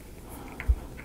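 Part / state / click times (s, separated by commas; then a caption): wooden kit part into the pinball model frame / not seated / none. A laser-cut wooden part from a ROKR 3D Pinball model kit, part of the flippers step, is handled and pressed toward its slot in the wooden pinball model frame. Faint rustling and light ticks are heard, with one soft, low thump around 0.7 s. Nothing has seated or clicked into place yet.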